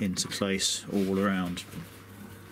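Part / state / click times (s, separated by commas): retaining clip onto heating element assembly of a hair straightener / not seated / none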